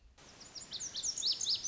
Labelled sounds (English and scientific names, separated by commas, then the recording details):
Lazuli Bunting (Passerina amoena)
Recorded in Sonoma County, California